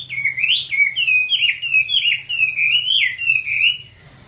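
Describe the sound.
Chinese hwamei song of continuous rolling whistled phrases, each swooping up and down in a repeated wave pattern, ending abruptly.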